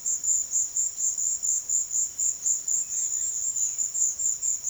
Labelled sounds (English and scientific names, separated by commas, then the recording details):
none
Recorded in pastures near Puerto Asís, Putumayo, Colombia, on 22 June 2025 at 15:30
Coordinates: 0.502, -76.324
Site G010